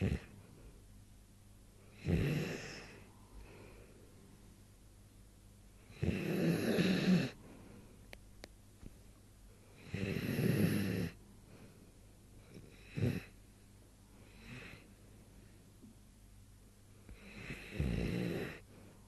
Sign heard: Snoring.